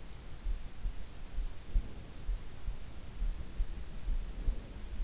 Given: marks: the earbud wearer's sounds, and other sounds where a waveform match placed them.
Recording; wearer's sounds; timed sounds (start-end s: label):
sounds in sleep by an in-ear microphone; breath
1.39-2.40 s: breath
4.19-4.91 s: breath